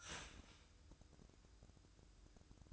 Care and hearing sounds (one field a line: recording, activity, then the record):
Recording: daily activity, microphone in the room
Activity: start toaster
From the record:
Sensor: 2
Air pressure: 1007.0 hPa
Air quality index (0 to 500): 38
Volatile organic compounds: 1 ppm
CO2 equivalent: 536 ppm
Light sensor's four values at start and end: 6/14/5/6 and 6/14/5/6